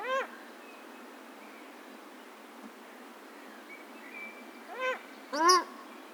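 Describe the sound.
Paradise shelduck calling: one arched, nasal honk at the start, then a long quiet stretch before two more honks in quick succession, the last the loudest.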